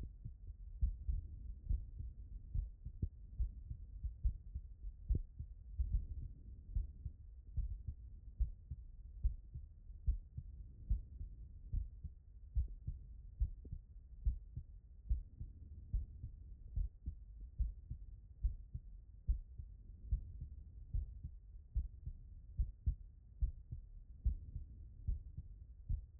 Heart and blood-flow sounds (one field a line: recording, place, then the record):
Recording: heart sounds by stethoscope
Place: tricuspid valve (TV)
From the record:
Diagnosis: non-HFrEF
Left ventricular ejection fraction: 67%